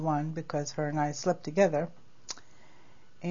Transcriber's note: none